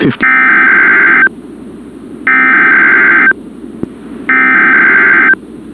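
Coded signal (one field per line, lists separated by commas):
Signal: Emergency Alert System (SAME) tones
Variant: header bursts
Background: speech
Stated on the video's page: Required weekly test on weather radio transmitter WXK26.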